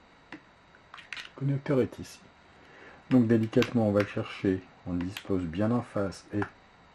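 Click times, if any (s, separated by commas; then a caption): none. A cable connector is lined up facing its socket on the screen unit of another digital door viewer model, ready to be pushed in. A few small handling taps come early in the clip while someone talks. Nothing has seated or clicked yet.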